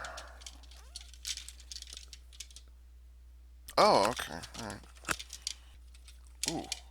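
Someone talks while handling the plastic bird legs of a transformable Railway Vanguard Heatwave Saver toy near the robot body's alligator-clip sockets, making light plastic ticks and rattles. The legs have not snapped into place yet, and nothing has seated.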